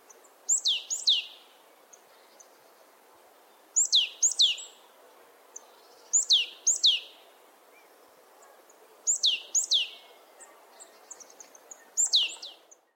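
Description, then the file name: Marsh tit calling in short bursts of two or three sharp, high descending notes, each burst repeated about every three seconds, with faint softer notes between. "Poecile palustris"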